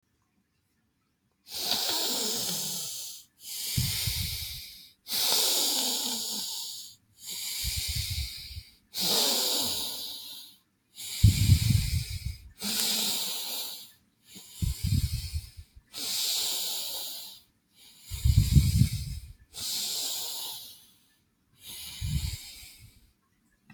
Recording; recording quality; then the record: deep breathing; excellent, no background noise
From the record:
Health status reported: healthy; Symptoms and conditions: none ticked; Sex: male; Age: 34 years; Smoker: not ticked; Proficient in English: yes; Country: United States